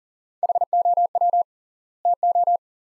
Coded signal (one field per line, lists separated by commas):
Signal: Morse code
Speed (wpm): 40 wpm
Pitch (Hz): 700 Hz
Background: none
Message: HOW TO